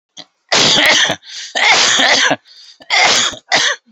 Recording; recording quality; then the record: heavy voluntary cough; excellent, no background noise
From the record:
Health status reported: COVID-19 positive, mild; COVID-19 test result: positive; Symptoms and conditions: cough, breathing difficulty, loss of smell and taste, chronic lung disease, pneumonia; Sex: male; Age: 48 years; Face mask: not worn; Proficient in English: yes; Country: India